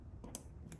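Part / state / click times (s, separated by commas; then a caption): crimped terminal into plastic connector housing / seated / 0.3 s, 0.7 s. A crimped terminal is pushed into a plastic connector housing with a small screwdriver. Sharp clicks are heard at 0.3 s and 0.7 s as the terminal seats home.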